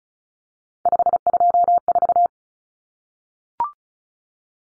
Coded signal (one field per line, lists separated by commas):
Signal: Morse code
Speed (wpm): 34 wpm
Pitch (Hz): 700 Hz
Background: none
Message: 524